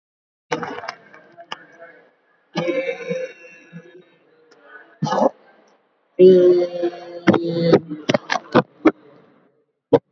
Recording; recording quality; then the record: sustained vowel as in made; poor, much background noise or distortion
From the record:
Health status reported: COVID-19 positive, mild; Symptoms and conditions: cough, cold, breathing difficulty, fever, fatigue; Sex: male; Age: 39 years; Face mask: not worn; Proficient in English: no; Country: India